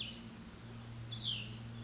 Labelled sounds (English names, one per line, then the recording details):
Cassin's Vireo
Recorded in Sonoma County, California